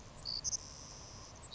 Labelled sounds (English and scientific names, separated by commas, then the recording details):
Savannah Sparrow (Passerculus sandwichensis)
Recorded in Sonoma County, California